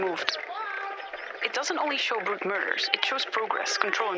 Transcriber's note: constable shouts at someone